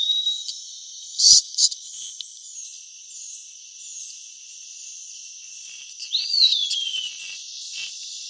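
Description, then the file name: Eastern wood-pewee singing one slurred, whistled phrase, with a steady high hiss and a few sharp clicks around it. "EAWP song"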